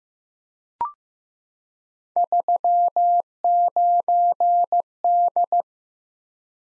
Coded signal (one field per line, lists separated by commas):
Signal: Morse code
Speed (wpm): 15 wpm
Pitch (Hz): 700 Hz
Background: none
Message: 39D